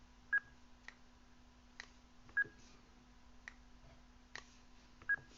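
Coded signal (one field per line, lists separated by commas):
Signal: none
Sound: a radio's key beeps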